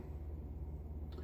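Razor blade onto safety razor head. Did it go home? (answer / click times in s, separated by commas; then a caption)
no / none. A double-edge Feather blade is lined up over the alignment posts on the head of an adjustable Merkur Futur safety razor, before the cap is pressed down so the posts go into the blade holes. A steady low hum runs throughout, with a faint, brief handling sound near 1.1 s. Nothing has seated or clicked yet.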